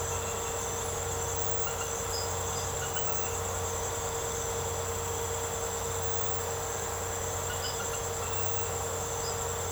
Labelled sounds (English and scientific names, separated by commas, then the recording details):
none
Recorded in secondary vegetation near Puerto Asís, Putumayo, Colombia, on 13 March 2025 at 00:00
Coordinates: 0.468, -76.324
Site G059